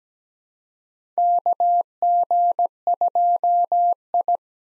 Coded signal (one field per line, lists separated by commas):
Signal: Morse code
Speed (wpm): 17 wpm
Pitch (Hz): 700 Hz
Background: none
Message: KG2I